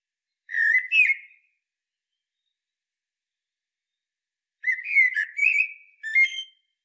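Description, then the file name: Common blackbird with a brief fluted warble, then after a pause a longer phrase of three warbling bursts with high, squeaky tails. "Turdus merula"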